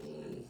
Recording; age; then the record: pig call; piglet (1 to 25 days)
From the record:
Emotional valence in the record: negative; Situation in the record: castration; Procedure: castration, treatment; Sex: male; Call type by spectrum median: low-frequency call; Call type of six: low-frequency stable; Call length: 0.50 s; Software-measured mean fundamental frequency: 59 Hz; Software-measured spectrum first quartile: 243 Hz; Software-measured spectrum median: 385 Hz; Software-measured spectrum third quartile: 643 Hz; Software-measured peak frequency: 387 Hz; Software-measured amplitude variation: 128 dB a second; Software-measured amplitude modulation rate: 25.0 a second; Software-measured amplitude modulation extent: 5.1 dB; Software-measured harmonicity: 2.0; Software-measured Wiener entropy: 0.02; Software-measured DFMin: 779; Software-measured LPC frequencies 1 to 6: 414, 1495, 2736, 4275, 5410, 6766 Hz